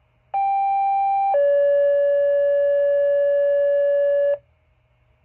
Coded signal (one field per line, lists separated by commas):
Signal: two-tone page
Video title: Weekly Fire Pager Test on Motorola Minitor VI